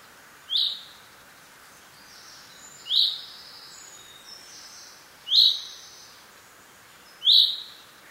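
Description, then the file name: Common chaffinch repeating a clear call note four times, about two seconds apart, with faint high chirps in the background. "Fringilla coelebs"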